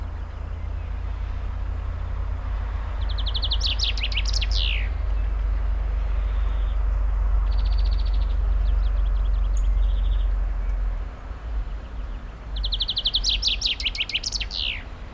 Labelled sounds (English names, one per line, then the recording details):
Common Chaffinch song
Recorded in the wild
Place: Garmisch-Partenkirchen, Bayern, DE
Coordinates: 47.4889, 11.1356
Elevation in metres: 889
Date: 1980-04-02
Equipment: Uher 4000 Report
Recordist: Tretzel, Erwin